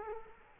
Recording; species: mosquito wingbeat signal from an infrared sensor; Culex quinquefasciatus